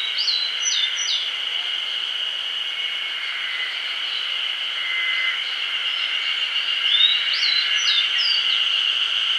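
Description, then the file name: Grey bunting: a few short high notes at the start, then several seconds later a full phrase of a rising slurred whistle and a few short high notes, over a steady high drone. "Emberiza variabilis"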